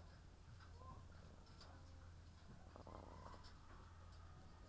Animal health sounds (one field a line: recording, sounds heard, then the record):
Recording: poultry house recording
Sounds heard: sick chickens (respiratory disease)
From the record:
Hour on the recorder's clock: 16